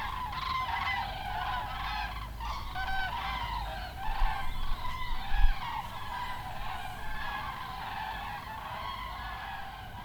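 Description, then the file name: Goose: geese honking in a loose chorus that swells near the middle and then fades, over a strong low rumble. "Wild Geese"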